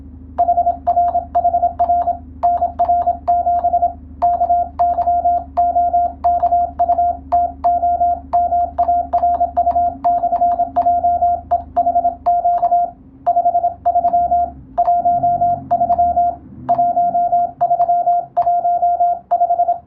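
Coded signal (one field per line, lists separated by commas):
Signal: Morse code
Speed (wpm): 27 wpm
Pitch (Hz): 700 Hz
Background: radio noise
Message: HRHR NR7 KYOKUTOMARU/JEHQ 53 13 1315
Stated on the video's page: Morse sending and receiving practice for the Japanese radiotelegraph operator licence exam, using a European-language telegram practice book.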